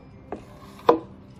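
A plastic steering cover is lined up on a Ryobi 38-inch 100 Ah battery electric rear-engine riding mower, with its short flat part at the front and longer flat part at the back, then pressed down onto the steering column. Two sharp snaps are heard at 0.3 s and 0.9 s, the second louder, as its two little tabs click into the steering column housing. The cover is seated in place.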